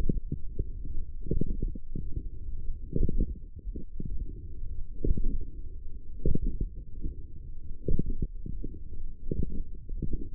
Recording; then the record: forearm muscle sounds (acoustic myography)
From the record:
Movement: forearm supination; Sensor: system 1, eight BSWA MPA416 microphones around the upper forearm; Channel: 6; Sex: male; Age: 42 years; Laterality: right